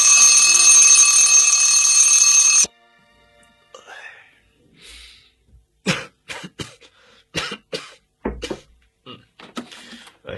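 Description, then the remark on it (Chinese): A loud, shrill alarm clock rings continuously for a couple of seconds and then cuts off abruptly, followed by a few faint rustles and a series of short coughs and throat-clearing sounds. “我听到闹钟响”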